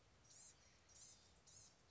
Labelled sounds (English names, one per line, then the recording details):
Blue-gray Gnatcatcher
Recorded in Sonoma County, California